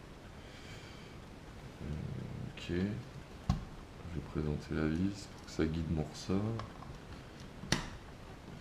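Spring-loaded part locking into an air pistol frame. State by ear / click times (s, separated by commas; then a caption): not seated / none. On a Walter CP88 air pistol, a screw is positioned to guide a spring while a spring-loaded part is worked into the frame during reassembly, with brief sharp taps around 3.5 and 7.7 seconds as someone talks. The part has not seated or locked yet.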